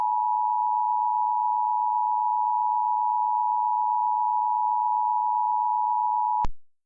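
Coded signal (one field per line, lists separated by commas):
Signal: Emergency Alert System (SAME) tones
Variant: 853 and 960 Hz attention tone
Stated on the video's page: Mock flash flood warning.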